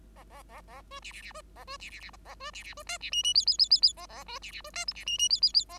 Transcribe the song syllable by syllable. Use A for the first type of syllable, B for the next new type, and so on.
A A A A B C C C B A B C C C A A B C C B D C E E F F F F F A A B C C B D G C E E F F F A